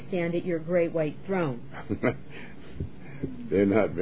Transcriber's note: laughs